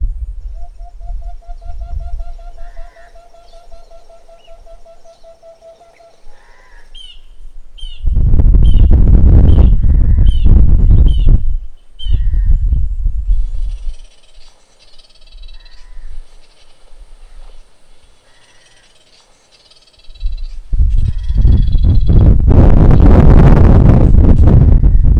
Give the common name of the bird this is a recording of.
Red-fronted Barbet